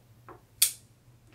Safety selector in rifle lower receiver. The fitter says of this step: says very nice action snaps into place smoothly